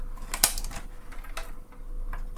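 While reconnecting the wires of an APC UPS, a wire connector is pushed onto its terminal on the UPS board. A few light plastic taps and handling sounds surround a sharp click at 0.4 s as the connector seats, followed by softer clicks later on.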